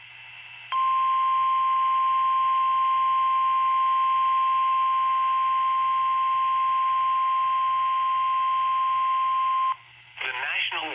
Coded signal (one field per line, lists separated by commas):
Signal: Emergency Alert System (SAME) tones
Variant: 1050 Hz attention tone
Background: speech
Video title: Double Header EAS - Two Flood Warnings for the Meramec River on my Scanner (EAS #2 - #3)